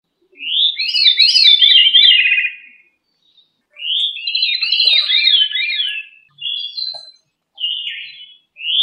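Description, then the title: Thrush song: rich warbled phrases of rising and falling whistles, each about two and a half seconds long, separated by short pauses, then brief clipped notes. "Familia Turdidae - Sabia"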